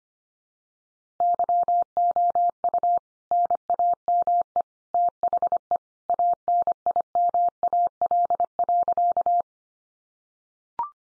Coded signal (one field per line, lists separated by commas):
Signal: Morse code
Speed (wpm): 25 wpm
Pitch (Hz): 700 Hz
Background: none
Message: YOU NAME THE ANIMAL.